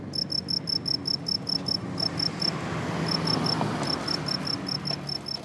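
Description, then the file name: Cricket chirping: a high pulsed trill in short regular chirps, broken into groups with gaps, over faint low background noise. "grillon"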